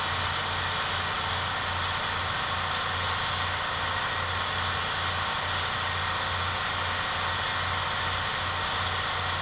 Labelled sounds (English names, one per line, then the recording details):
none
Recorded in secondary vegetation near Puerto Asís, Putumayo, Colombia, on 24 March 2025 at 06:30
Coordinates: 0.468, -76.324
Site G059